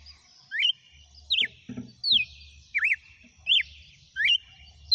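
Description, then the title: Red-cowled cardinal giving loud, slurred whistles repeated about every 0.7 seconds, with soft low thumps. Female; title asks whether it is singing and "batendo fogo". "Canto Galo Campina Fêmea. GALO DE CAMPINA CANTANDO e BATENDO FOGO?"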